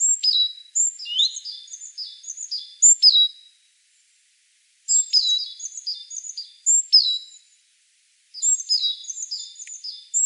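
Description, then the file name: Great tit giving high, squeaky notes in three busy bursts of quick chattering phrases, separated by short silences. "Parus major"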